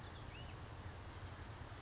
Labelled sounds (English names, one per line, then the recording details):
Oak Titmouse
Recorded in Sonoma County, California